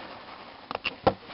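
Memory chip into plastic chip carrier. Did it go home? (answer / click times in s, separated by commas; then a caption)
yes / 0.8 s, 0.9 s, 1.1 s. A 2732 EPROM chip, lined up notch to notch, is pushed by hand into a plastic chip carrier until its legs snap in under the carrier edge. Short clicks sound at 0.8, 0.9 and 1.1 seconds over a quiet background, the last one the loudest. The chip is seated and locked in place.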